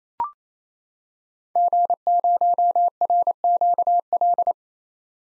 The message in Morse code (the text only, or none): G0RQL